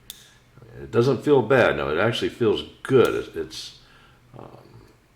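A stiff 1999 Case Copperlock slip-joint pocket knife with Chestnut Bone handles, which takes two hands to open, has its blade worked open by hand toward its locked-open position in the handle. Someone talks throughout, with a brief sharp tick near 0.1 s. The blade has not yet locked or clicked into place when the clip ends.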